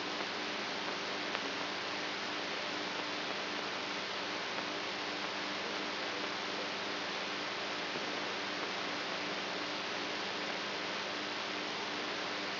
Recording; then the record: brain microelectrode recording played as sound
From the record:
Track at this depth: outside the subthalamic nucleus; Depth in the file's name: 5.512 mm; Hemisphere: right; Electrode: 3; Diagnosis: Parkinson's disease